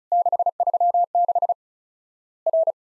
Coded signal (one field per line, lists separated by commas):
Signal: Morse code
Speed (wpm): 36 wpm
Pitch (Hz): 700 Hz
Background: none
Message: 636 R